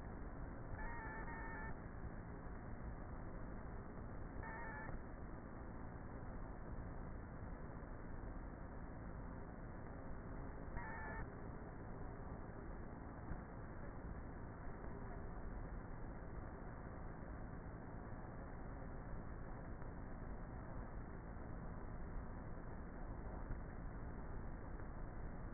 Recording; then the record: honeybee colony, microphone inside the hive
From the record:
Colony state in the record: queenless with a low population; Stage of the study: before two queens were removed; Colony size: about 30,000 bees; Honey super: no